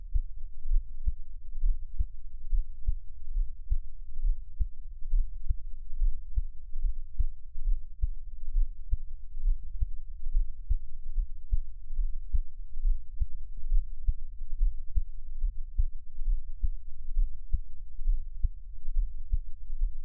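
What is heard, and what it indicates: An adult's own heartbeat heard close up, as ASMR, with no talking.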